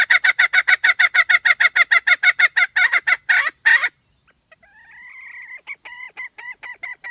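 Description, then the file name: Red junglefowl hen gives a long quick run of harsh clucks, falls silent briefly, then makes softer nasal notes and scattered clucks. "tieng ga mai rung"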